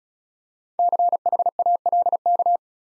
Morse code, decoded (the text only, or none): CHALK